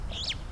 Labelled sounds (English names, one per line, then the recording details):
Superb Starling flight call
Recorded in Kenya